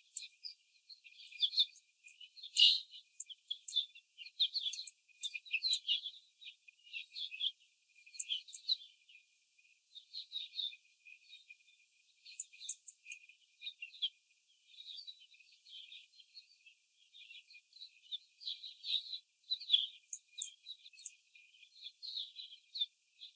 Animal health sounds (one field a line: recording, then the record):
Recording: young laying hens in a cage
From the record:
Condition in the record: after the stressor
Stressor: simulated dog barking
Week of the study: 4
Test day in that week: 3